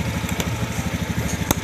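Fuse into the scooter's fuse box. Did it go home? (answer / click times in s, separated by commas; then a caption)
yes / 1.5 s. A plastic fuse or fuse-box connector is pushed into the fuse box of a Beat FI eSP scooter's electrical system, which would not start on the electric starter. Over the steady, rhythmic low thrum of an idling engine, a faint tap comes at 0.4 s, then a sharp click at 1.5 s. The fuse seats in its holder, and the fault turns out to be only the fuse.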